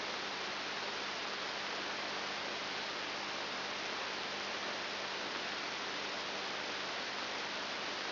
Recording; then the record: brain microelectrode recording played as sound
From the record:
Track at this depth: inside the subthalamic nucleus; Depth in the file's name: 5.701 mm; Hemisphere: left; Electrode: 3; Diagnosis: Parkinson's disease